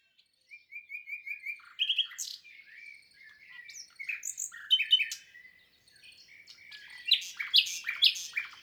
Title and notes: 22 avril 2020-Lesches en diois_ Nagra seven - mkh8040 stéréo Cette année restera pour moi exceptionnelle pour le chant du Rossignol Philomène (Luscinia megarhynchos)